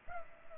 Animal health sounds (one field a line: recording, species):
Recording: mosquito wingbeat signal from an infrared sensor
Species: Culex pipiens